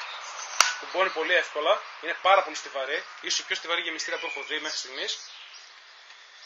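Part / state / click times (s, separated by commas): metal magazine into airsoft rifle magazine well / seated / 0.6 s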